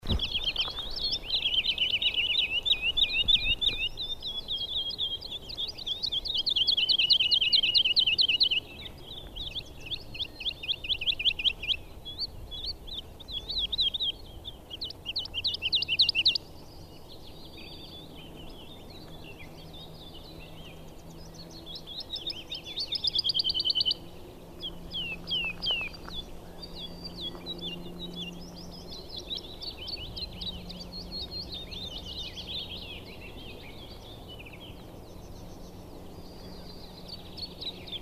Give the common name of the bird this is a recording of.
Wood Lark